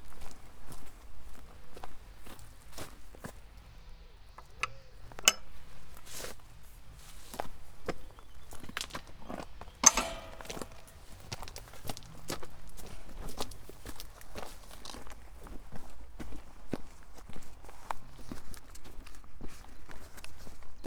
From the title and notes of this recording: Today's walk is from Woodbury Castle to Exmouth along the East Devon Way.